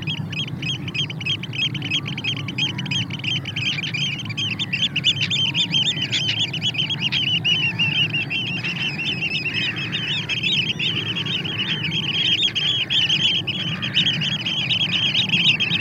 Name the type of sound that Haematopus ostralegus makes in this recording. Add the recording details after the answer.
call. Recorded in the wild. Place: Glewitz, Insel Rügen, Mecklenburg-Vorpommern, DE. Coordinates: 54.252, 13.299. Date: 1976-04-17. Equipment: Nagra III BH, Sennheiser MD 21, parabola. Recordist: Schubert, Michael